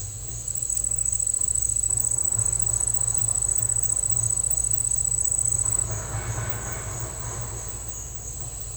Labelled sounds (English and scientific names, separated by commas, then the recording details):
none
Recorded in dense forest near Puerto Asís, Putumayo, Colombia, on 26 December 2024 at 08:30
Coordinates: 0.468, -76.322
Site G071